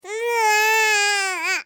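A single sustained wail from an infant, about a second and a half long. The pitch is high and steady, then dips and rises briefly before the cry breaks off.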